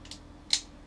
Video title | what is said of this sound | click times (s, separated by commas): Garolite Qik Quad Copter - Phlatlab | Man, that one snapped in. Did you hear that? | 0.5 s